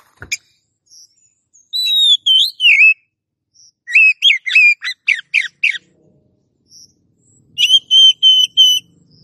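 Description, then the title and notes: Oriental magpie-robin song: a sharp note, then warbled whistles, a rapid series of short chirps, and a closing run of even whistled notes. Long-duration kacer song used to train cage birds. "Master Kacer Durasi Panjang. Suara Masteran Burung Kacer Durasi Panjang"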